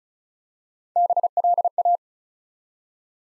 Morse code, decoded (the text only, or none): BLA